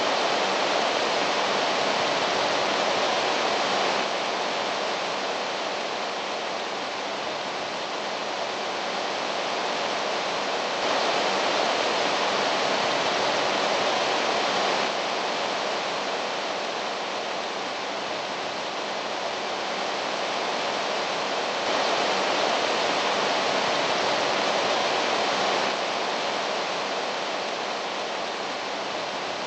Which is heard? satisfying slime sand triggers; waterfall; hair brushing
waterfall